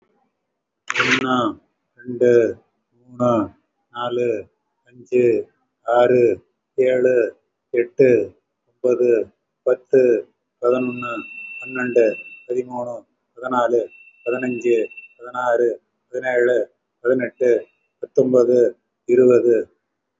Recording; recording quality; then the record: counting at a normal pace; excellent, no background noise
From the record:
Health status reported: respiratory illness, not identified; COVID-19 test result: not tested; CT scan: not taken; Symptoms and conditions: chronic lung disease, diabetes, ischaemic heart disease, another condition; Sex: male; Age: 72 years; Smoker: yes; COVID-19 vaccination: none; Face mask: worn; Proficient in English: no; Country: India